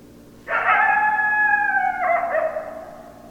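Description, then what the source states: Coyote howl, a long, level, harmonic tone that breaks into a lower, wobbling ending before dying away. Recorded on 10 December 2012.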